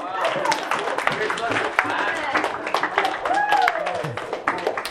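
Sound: audience clapping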